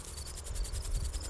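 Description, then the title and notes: Crickets chirping in a fast, steady pulse of high, thin notes over a low rumble. Crickets in a field, recorded on a hike in late July. "E17: Crickets in a field. In late-July I went for a hike and recorded this audio bit"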